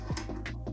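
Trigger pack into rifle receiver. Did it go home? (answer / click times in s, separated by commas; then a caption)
no / none. A trigger pack is being handled as it goes up into a Strasser rifle's receiver, with background music playing throughout. Two brief handling sounds stand out around 0.2 and 0.5 seconds, but the clip ends before the pack goes home, so nothing has seated or clicked yet.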